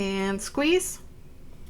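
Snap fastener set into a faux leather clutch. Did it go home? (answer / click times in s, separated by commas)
no / none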